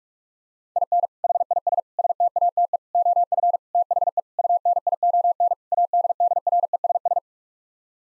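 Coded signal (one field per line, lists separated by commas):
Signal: Morse code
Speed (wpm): 46 wpm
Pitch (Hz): 700 Hz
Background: none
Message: IN HIS STATE OF THE UNION ADDRESS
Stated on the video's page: Morse code word groups (common 7-word n-grams) sent at 45 wpm for head-copy practice, each set sent twice.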